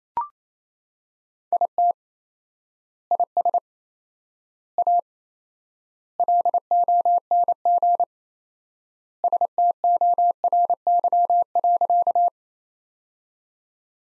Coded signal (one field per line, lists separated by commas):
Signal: Morse code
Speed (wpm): 28 wpm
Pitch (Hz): 700 Hz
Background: none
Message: IT IS A LONG STORY.